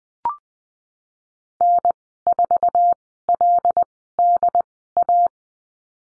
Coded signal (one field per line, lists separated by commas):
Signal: Morse code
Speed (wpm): 20 wpm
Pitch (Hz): 700 Hz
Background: none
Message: N4LDA